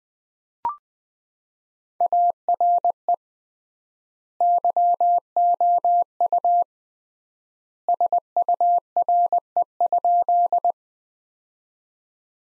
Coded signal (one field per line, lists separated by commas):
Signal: Morse code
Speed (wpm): 20 wpm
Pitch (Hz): 700 Hz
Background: none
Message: ARE YOU SURE?